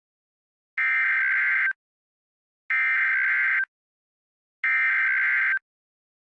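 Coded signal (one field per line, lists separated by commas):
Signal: Emergency Alert System (SAME) tones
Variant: header bursts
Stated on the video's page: Fictional SCP-096 EAS scenario with valid EAS tones.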